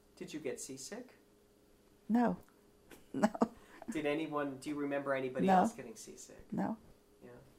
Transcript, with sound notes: Did you get seasick?
No. No. [Laughs]
Did anyone — do you remember anybody else getting seasick?
No. No.
Yeah.